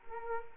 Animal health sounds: mosquito wingbeat signal from an infrared sensor; Culex quinquefasciatus

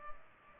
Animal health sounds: mosquito wingbeat signal from an infrared sensor; Culex pipiens

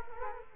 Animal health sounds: mosquito wingbeat signal from an infrared sensor; Culex quinquefasciatus

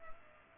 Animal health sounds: mosquito wingbeat signal from an infrared sensor; Aedes aegypti

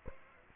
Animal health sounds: mosquito wingbeat signal from an infrared sensor; Aedes aegypti

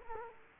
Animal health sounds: mosquito wingbeat signal from an infrared sensor; Culex quinquefasciatus

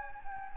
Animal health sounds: mosquito wingbeat signal from an infrared sensor; Anopheles gambiae

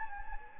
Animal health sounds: mosquito wingbeat signal from an infrared sensor; Anopheles gambiae

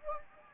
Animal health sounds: mosquito wingbeat signal from an infrared sensor; Anopheles gambiae

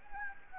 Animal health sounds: mosquito wingbeat signal from an infrared sensor; Anopheles gambiae

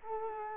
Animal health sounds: mosquito wingbeat signal from an infrared sensor; Culex quinquefasciatus

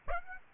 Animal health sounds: mosquito wingbeat signal from an infrared sensor; Aedes aegypti

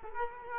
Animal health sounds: mosquito wingbeat signal from an infrared sensor; Culex quinquefasciatus

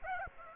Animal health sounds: mosquito wingbeat signal from an infrared sensor; Aedes aegypti

